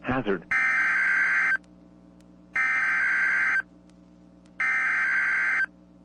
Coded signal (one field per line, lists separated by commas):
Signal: Emergency Alert System (SAME) tones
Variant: header bursts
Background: speech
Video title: EAS #41-42: SVR & TOR (Double Header)